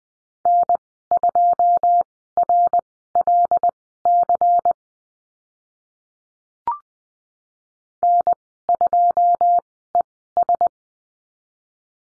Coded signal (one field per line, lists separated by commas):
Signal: Morse code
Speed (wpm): 20 wpm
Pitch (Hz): 700 Hz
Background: none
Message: N2RLC N2ES